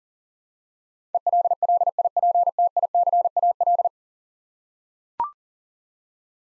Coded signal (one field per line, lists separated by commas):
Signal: Morse code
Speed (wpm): 40 wpm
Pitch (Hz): 700 Hz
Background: none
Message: ELLIPTICAL